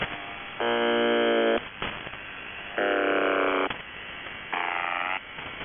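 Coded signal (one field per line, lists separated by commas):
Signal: channel marker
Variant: UVB-76 (The Buzzer)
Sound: three harsh, low, foghorn-like buzzes about a second each, separated by static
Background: radio static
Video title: [UVB-76, The Buzzer] 1 Day, 5 Breakdowns; 10. June 2020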